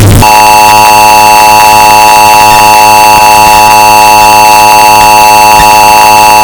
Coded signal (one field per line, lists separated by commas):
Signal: Emergency Alert System (SAME) tones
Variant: 853 and 960 Hz attention tone